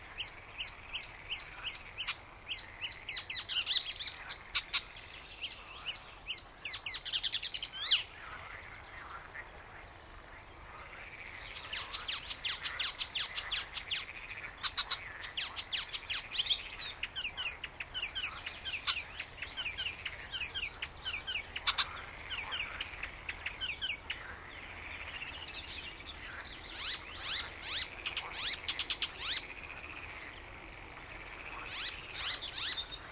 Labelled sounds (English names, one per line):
Icterine Warbler